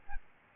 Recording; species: mosquito wingbeat signal from an infrared sensor; Aedes albopictus